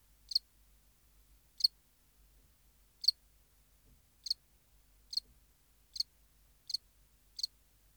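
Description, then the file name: House cricket chirps, high and brief, slowly repeated at uneven intervals of about one second, faint low background noise. "Acheta domesticus"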